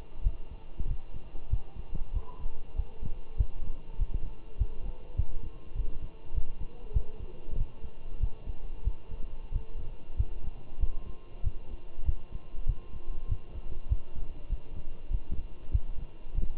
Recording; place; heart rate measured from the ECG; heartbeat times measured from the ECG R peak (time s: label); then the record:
heart sounds by stethoscope; between the tricuspid and mitral areas; 97 bpm
0.25 s: heartbeat
0.88 s: heartbeat
1.51 s: heartbeat
2.14 s: heartbeat
2.77 s: heartbeat
3.38 s: heartbeat
3.99 s: heartbeat
4.59 s: heartbeat
5.17 s: heartbeat
5.75 s: heartbeat
6.35 s: heartbeat
6.94 s: heartbeat
7.57 s: heartbeat
8.21 s: heartbeat
8.85 s: heartbeat
9.53 s: heartbeat
10.17 s: heartbeat
10.81 s: heartbeat
11.44 s: heartbeat
12.06 s: heartbeat
12.67 s: heartbeat
13.29 s: heartbeat
13.90 s: heartbeat
14.50 s: heartbeat
15.11 s: heartbeat
15.72 s: heartbeat
16.35 s: heartbeat
From the record:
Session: walking at 3.7 km/h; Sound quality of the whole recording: good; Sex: male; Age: 23 years